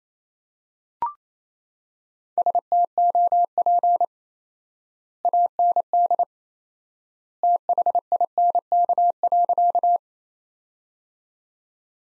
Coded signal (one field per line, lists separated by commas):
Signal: Morse code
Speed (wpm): 28 wpm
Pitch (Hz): 700 Hz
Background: none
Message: STOP AND THINK.